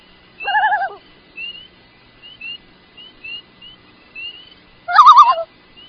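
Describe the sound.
Loon giving two wavering, quavering tremolo notes several seconds apart, with thin high chirping of other birds throughout.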